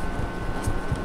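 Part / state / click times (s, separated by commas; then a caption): plastic carrier clip onto toy doll pram frame / not seated / none. A plastic carrier clip on the second side of a Badger Basket Just Like Mommy 3 in 1 toy doll pram frame is handled as it is about to be snapped up to hold the doll carrier onto the frame. A low, steady hum with faint soft bumps is heard. Nothing has seated or clicked yet.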